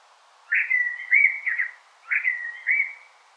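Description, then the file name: Common blackbird giving two short, rich whistled phrases in quick succession, each sliding and wavering in pitch. "Turdus merula"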